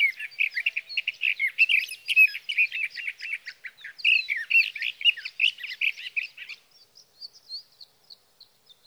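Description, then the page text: Sage thrasher singing a fast, jumbled warble of chirps and buzzy notes for about six seconds, then fainter scattered high notes trailing off. Male singing through the night near his night roost, evening June 12 to morning June 15, 2018, Sierra Valley, California; Swift recorder; night songs. "Birdsong for the Curious Naturalist: Explore #7. 61. Sage thrasher songs, through the night"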